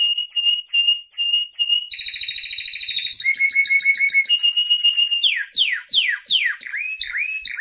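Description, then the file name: Canary song opening with spaced whistled notes, moving through rattling trills and a steady whistled tour, then a series of loud downward-sweeping notes. "chant canari birdsforalldz"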